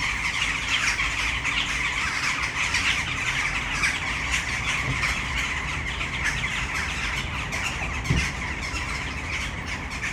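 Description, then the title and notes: Western jackdaws chattering together in a steady wash of overlapping squawky calls, with a single low thump near the end. Many jackdaws in one tree at Malinovského square, Brno city centre, Czech Republic, at sunset. "Malinovského nám. 571/1, 602 00 Brno-střed-Brno-město, Česko - Western jackdaws at sunset. A tree full of jackdaws in the city center of Brno"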